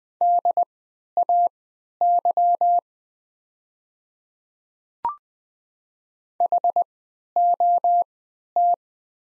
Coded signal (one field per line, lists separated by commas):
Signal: Morse code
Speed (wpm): 20 wpm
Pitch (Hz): 700 Hz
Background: none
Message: DAY HOT